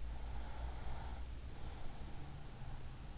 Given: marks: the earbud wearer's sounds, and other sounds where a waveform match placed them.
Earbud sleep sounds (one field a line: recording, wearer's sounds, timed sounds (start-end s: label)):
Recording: sounds in sleep by an in-ear microphone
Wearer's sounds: breath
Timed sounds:
0.16-3.18 s: breath